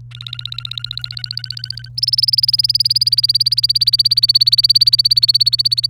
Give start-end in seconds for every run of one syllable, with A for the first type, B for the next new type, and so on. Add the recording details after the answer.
0.11-1.89 A, 1.97-5.89 B. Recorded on 29 April 2018 at 07:55. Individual llb3